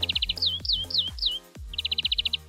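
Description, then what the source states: European greenfinch song: a fast, high trill, then several descending whistled notes, then another rapid trill, over a low background hum. Starts singing about a quarter of an hour before sunrise; song sounds a bit like a canary.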